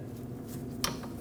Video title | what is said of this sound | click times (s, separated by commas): How to Replace Parking Brake Cables 2013-2019 Ford Escape | There, that snaps right into place. | 0.8 s